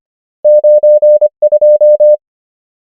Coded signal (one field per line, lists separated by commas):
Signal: Morse code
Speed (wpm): 25 wpm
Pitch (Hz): 600 Hz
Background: none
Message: 9 2